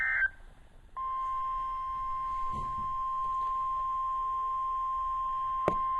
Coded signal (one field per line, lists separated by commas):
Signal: Emergency Alert System (SAME) tones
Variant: 1050 Hz attention tone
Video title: Spring Break EAS Alerts (EAS 151-172)